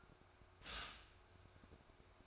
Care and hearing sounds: daily activity, microphone in the room; stop toaster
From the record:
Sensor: 2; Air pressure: 1004.0 hPa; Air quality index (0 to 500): 193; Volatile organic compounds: 11 ppm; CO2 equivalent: 2311 ppm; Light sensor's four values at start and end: 4/10/4/4 and 4/10/4/4

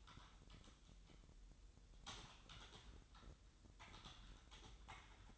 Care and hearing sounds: daily activity, microphone in the room; typing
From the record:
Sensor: 3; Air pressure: 988.8 hPa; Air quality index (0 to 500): 205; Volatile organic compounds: 442 ppm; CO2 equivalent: 4738 ppm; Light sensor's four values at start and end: 25/81/33/29 and 25/81/33/30

